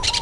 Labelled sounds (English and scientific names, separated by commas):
Brown-throated Parakeet (Eupsittula pertinax) contact call